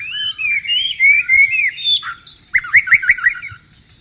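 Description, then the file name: White-rumped shama singing: smooth rising and falling whistled notes, then a short burst of quick, bright, repeated chirps. "suara burung murai batu di alam liar"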